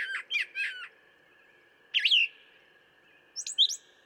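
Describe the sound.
Brown thrasher singing a few varied phrases: a quick burst of repeated harsh notes, then two separate slurred, whistled phrases after pauses.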